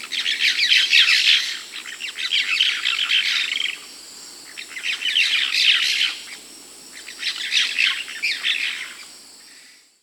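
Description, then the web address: Cobalt-winged parakeet chatter: dense, shrill, scratchy calls in long bursts of one to three seconds, rising and falling in loudness with brief quieter gaps. Peru, Amazon. "Birds of the Amazon. Cobalt-winged Parakeet (Brotogeris cyanoptera), Peru"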